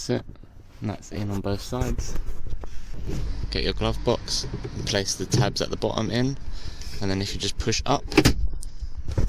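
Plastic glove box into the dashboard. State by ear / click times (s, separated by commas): seated / 8.6 s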